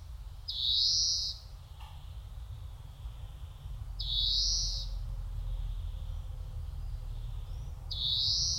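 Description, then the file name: European greenfinch repeating strained, buzzy wheezes roughly every three to four seconds, each about a second long, with a brief click and low background rumble. "Chloris chloris"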